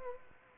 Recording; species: mosquito wingbeat signal from an infrared sensor; Anopheles arabiensis